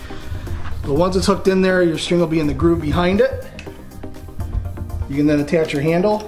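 A removable crank handle is being attached to the built-in cocking mechanism of an Excalibur Bulldog 440 crossbow while someone talks over background music, with a few short handling sounds between about 3.6 and 4.9 seconds. The handle has not clicked or seated yet by the end of the clip.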